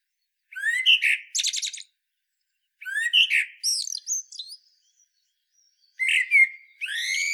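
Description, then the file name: Common blackbird, short phrases of chattering and slurred notes with high squeaky twitters, in three bursts with short pauses between. "Turdus merula"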